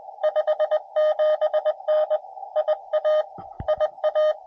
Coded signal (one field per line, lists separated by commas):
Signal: Morse code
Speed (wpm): 22 wpm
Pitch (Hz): 660 Hz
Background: radio noise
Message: 57N IA IA